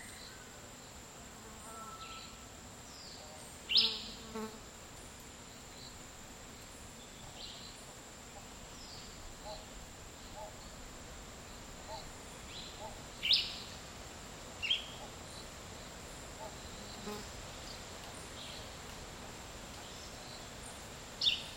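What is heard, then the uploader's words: Midday in a Costa Rican dry forest: a steady insect hum and high whine, with a few sharp bird chirps near 4, 13, 15 and 21 seconds. Costa Rican Dry forest. Around midday in a dry forest in Nosara, Guanacaste.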